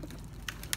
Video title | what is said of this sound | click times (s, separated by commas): RONI GLOCK Gen2 G2 โฉมใหม่ + เทสกล็อก 23 ออโต้ ก่อนส่ง มี กล็อก 17และ35 ร่วมเข้ากล้องด้วยนะครับ | ปุ๊บเข้าล็อกแล้วนะครับ | 0.5 s, 0.7 s